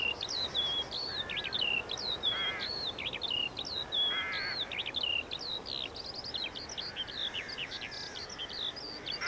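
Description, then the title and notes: Eurasian skylark song, a run of high, drawn-out whistles and slurred notes that breaks into quicker chirping trills. Singing while descending on a late summer evening over the Eggardon Hill hillfort, Dorset, England. "Eggardon Hill, Dorset. A Skylark sings and descends. Recorded by Ezra Gray"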